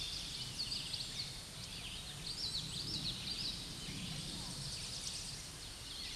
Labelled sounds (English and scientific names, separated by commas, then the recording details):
Common Yellowthroat (Geothlypis trichas) song
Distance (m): 45 m
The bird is about 10 m above the microphone
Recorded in a Pennsylvania forest on 16 May 2024 at 07:20
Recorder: AudioMoth, point MSD-2155
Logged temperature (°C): 15.6 °C
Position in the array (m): 29 m, 147 m